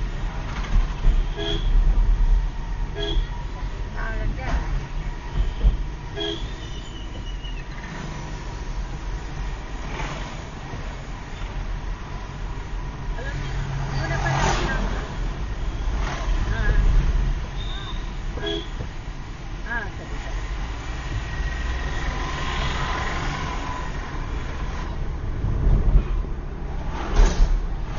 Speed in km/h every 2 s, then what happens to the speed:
29, 27, 31, 33, 31, 28, 29, 32, 32, 31, 33, 46, 46, 42.
0-19 steady at about 31. 19-23 speeds up to 46.